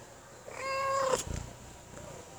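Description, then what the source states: Domestic cat meowing once, a clear drawn-out note ending abruptly, followed by a brief dull thump and faint background hiss. Neighbour's cat meowing, recorded 3 June 2017 at 15:49 on a mobile phone, mono wav, at latitude -12.608621, longitude -38.960005.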